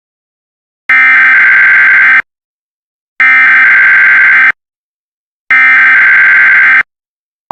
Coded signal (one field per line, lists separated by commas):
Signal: Emergency Alert System (SAME) tones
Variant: header bursts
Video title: EAS SCENARIO EARTH'S DISASTER CRISIS EPISODE 1 EAST COAST, LAKE MICHIGAN, AND WEST COAST CHAOS